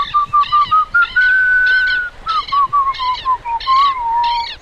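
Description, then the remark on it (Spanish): A boy whistles a steady, wavering mid-pitched tune that rises briefly and then drifts back down as he approaches a tero, in a radio performance of Elsa Bornemann's story Cuento con Caricia on Radio La Mariposa, while brighter, rhythmic chirping bursts repeat in the background. “Ingresa el changuito silbando, se acerca al tero y lo acaricia.”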